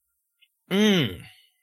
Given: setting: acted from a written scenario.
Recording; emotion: vocal sound without words; realization